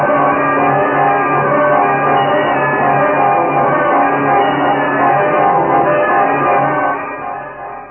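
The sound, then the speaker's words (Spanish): The clock bell in the old bell tower of an abandoned church tolls twelve times at night in the village of Rindy, a dense, sustained wash of overlapping metallic tones, the strikes blurring into one another at a steady loudness before fading slightly at the end. No voices. “El reloj del viejo campanario de la iglesia abandonada dejaba escapar 12 tristes tañidos.”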